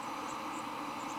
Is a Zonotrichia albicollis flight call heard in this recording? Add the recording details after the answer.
no. No flight call is heard. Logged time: 10:42 on 23 September 2014